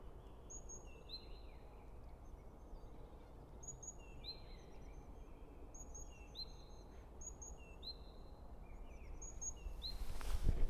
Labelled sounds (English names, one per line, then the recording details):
Great Tit song
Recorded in the wild
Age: adult
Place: Bernau bei Berlin, Barnim, Brandenburg, DE
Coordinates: 52.6958, 13.5256
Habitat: coniferous forest
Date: 2008-03-21
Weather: clear, -2°C, no wind
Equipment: Zoom H2
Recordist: Frommolt, Karl-Heinz